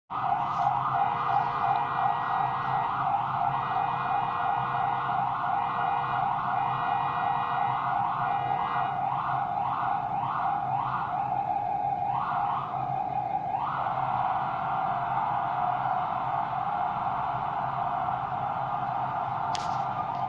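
An emergency vehicle siren wails loud, rapidly trilling then settling into a steady high tone, over constant low city traffic rumble.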